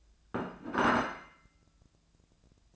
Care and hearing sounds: daily activity, microphone in the room; place plate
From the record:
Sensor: 2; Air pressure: 1000.0 hPa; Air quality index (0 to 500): 132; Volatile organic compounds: 2 ppm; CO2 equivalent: 1130 ppm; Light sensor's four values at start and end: 24/61/26/28 and 24/61/26/28

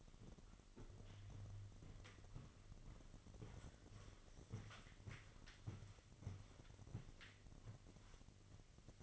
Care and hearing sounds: daily activity, microphone in the room; walk to room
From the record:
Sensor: 4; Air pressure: 1000.3 hPa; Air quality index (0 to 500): 211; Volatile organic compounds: 21 ppm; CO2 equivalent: 2719 ppm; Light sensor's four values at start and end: 9/21/8/8 and 9/19/7/7

